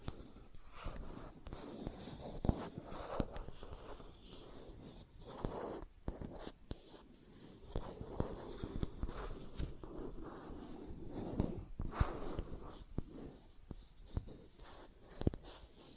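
Plastic objects are tapped and scratched in an uneven, busy pattern for the whole stretch. Sharp clicks land every second or so, with louder knocks near 2.5, 12 and 15 seconds. A steady low rustle and faint high hiss run underneath.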